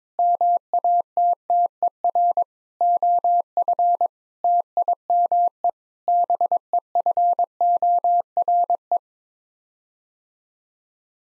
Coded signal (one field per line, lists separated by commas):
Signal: Morse code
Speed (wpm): 22 wpm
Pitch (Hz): 700 Hz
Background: none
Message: MATTER OF TIME BEFORE